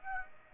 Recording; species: mosquito wingbeat signal from an infrared sensor; Aedes aegypti